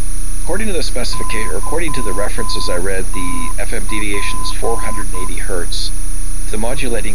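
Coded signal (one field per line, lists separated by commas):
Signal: Morse code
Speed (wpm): 10 wpm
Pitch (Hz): 1020 Hz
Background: speech, music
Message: YTP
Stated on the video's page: Morse ident of a local DVOR aircraft navigation station in the 108–118 MHz VHF band, received at home.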